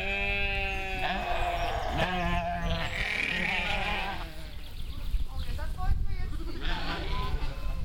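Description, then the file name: Sheep bleating, several wavering bleats in the first four seconds, then fainter bleats later, over steady low rumbling background noise. "schafe"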